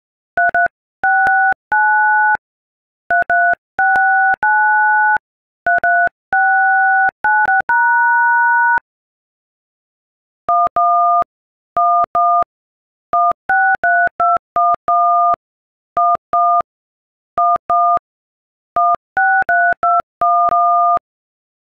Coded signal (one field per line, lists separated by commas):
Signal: DTMF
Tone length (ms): 260 ms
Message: 3369 3369 33696# 11 11 163211 11 11 16321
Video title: Oh No tiktok on IPhone keypad